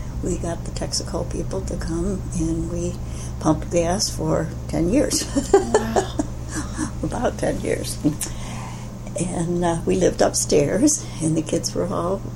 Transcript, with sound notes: We got the Texaco people to come and we pumped gas for ten years [laughter] about ten years. We lived upstairs and the kids were all